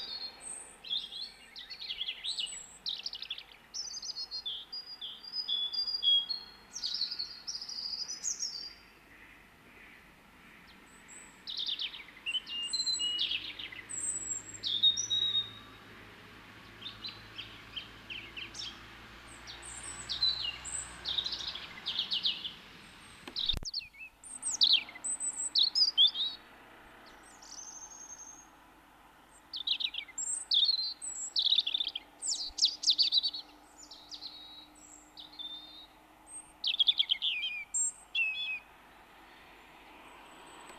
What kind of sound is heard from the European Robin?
song